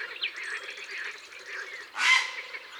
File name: Heron cendre